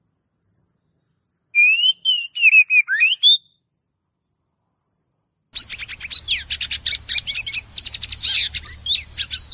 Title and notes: Master Kacer Durasi Panjang. Suara Masteran Burung Kacer Durasi Panjang